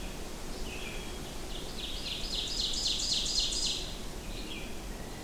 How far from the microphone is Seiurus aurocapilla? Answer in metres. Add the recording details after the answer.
about 25 m. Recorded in boreal forest in Alberta, Canada, on 23 June 2016 at 08:58. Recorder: SongMeter 3, array SBT-6-76. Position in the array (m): 12 m, 93 m. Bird 2